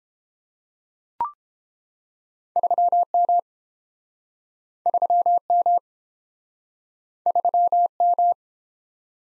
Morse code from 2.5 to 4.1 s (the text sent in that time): 3M